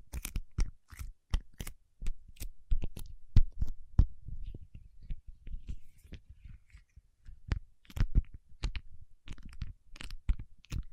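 Paraffin wax being tapped and scratched, with sharp irregular clicks and taps throughout, plus soft low rumbling scrapes between them, busiest near the end.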